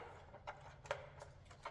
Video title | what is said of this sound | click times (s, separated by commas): Taillight Extension REMOVAL HOW TO Jeep Wrangler Xtreme Recon Xtreme 35 Rubicon JL | now once that is snapped into place we do have three screws here on the back of the tail light housing | 0.9 s